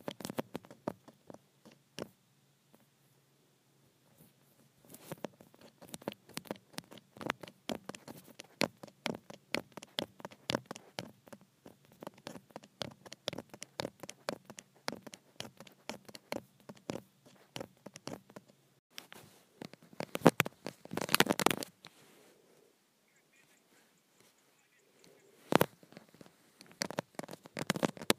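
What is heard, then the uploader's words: Acrylic nails tap and click rapidly on a phone screen, a dense, irregular patter of sharp, bright clicks. A low hum sits underneath through the first two-thirds, and near the end come a few louder bursts of quick scratchy tapping. ASMR Acrylic Nails on Phone Screen.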